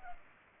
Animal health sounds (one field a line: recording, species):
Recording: mosquito wingbeat signal from an infrared sensor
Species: Culex pipiens